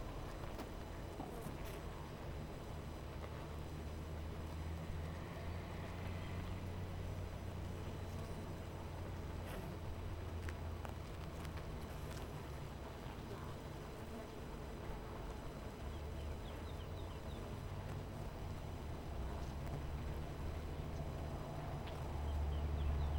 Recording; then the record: honeybee colony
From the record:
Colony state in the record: missing queen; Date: 14 July 2017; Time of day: 12:24